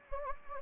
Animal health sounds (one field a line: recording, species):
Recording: mosquito wingbeat signal from an infrared sensor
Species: Anopheles gambiae